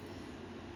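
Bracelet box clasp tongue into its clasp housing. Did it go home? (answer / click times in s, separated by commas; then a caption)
no / none. The box clasp tongue of a black onyx and marcasite bracelet is handled near its clasp housing while being closed. Only a steady, even low rumble and broadband hiss is heard, with no sharp transients. The tongue has not yet seated or clicked into the housing.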